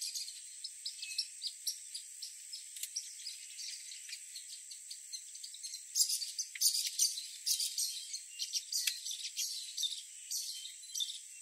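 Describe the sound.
Bird chorus of rapid high chirps and trills, loudest from the middle onward, layered over a steady high-pitched insect-like drone.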